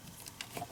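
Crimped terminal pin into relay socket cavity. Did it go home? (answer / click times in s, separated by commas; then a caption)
no / none. A crimped ground bus terminal pin is handled at pin 86 of the dome light relay socket in a DeLorean relay bank while its orientation is checked. Only faint, scattered ticks and light scraping are heard, with a brief sharper tick at the very end. Nothing has seated or clicked yet.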